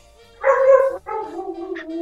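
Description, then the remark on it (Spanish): A small female dog lets out two drawn-out, high-pitched yelping barks, the first shorter and the second longer and slightly lower, with no talking over them. “Tengo una perrita.”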